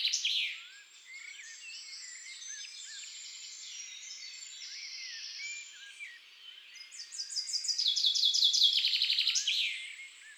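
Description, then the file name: Common chaffinch song, a loud rattling trill of repeated notes rising out of a dense background chorus of other small birds chirping and twittering. In woods and forests. "Pinson des arbres Chants doiseaux des bois et des forets"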